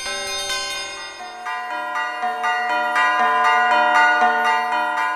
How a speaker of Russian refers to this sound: Царю Петру и вам, о царь, хвала, но выше вас, цари, колокола.